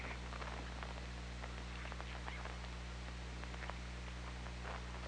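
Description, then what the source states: Killer whale sounds underwater: dense bursts of clicking and brief squeaky tonal calls, with constant low droning hum throughout. OrcaLab hydrophone, 24 August 2017, 21:24:32.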